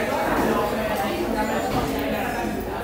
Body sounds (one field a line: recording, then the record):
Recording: background sound without coughing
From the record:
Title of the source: 40 min - Ambience sounds UNIVERSITY lunchroom chatting